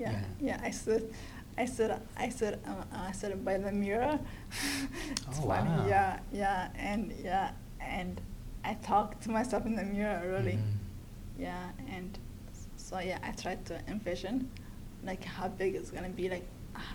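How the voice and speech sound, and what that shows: An adult woman who has stuttered for most of her life speaks conversationally in an interview. She repeats a short phrase three times ("I sit, I sit, I sit by the mirror") and draws out "yeah" and "and" before moving on. These are stuttering disfluencies: phrase repetitions and prolongations. A second voice briefly interjects.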